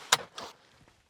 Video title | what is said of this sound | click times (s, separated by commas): The BEST 270 free standing awning on the market - Destination 4WD 270 Awning and Bathroom Tent | have a little tab which you pull out you pull it until it clicks into place | 0.1 s